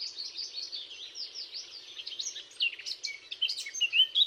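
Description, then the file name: Eurasian blackcap warbling steadily in varied high, scratchy notes, with a few louder, sharper notes near the end. "Sylvia atricapilla"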